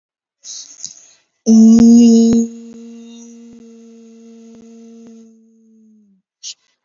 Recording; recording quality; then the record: sustained vowel as in beet; excellent, no background noise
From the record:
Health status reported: healthy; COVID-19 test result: negative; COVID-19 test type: RT-PCR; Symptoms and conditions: cough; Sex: female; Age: 23 years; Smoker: no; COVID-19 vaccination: one dose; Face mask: worn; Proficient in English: yes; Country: India